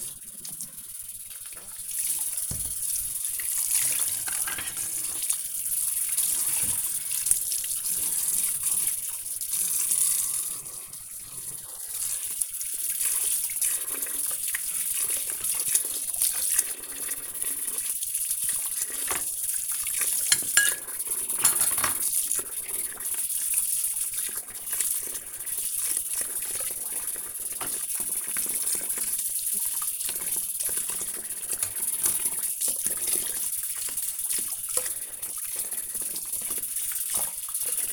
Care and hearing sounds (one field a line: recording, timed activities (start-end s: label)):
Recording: household activities, microphone on the right wrist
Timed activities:
0.00-37.93 s: washing dishes